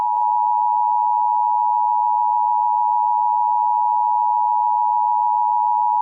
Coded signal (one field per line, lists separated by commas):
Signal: Emergency Alert System (SAME) tones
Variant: 853 and 960 Hz attention tone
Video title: Demogorgon Attack on New Year's Eve: EAS Scenario Simulation #easscenario #strangerthings